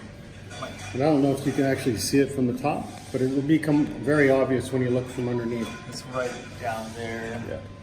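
A crash bar mounting bolt is handled above its hex counter-slot in the frame of a BMW R1200/1250GS motorcycle, with the panel flexed back so the bolt can drop through. Someone talks throughout, with faint light clinks under the speech. The bolt has not seated or clicked yet.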